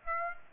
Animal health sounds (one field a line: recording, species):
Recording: mosquito wingbeat signal from an infrared sensor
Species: Aedes aegypti